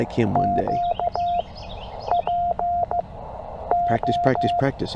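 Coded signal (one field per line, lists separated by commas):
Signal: Morse code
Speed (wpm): 15 wpm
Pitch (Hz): 700 Hz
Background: speech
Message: Q PO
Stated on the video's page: Parks on the Air CW activation at a state park in Tennessee.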